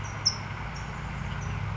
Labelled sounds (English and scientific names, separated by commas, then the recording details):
California Towhee (Melozone crissalis)
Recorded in Sonoma County, California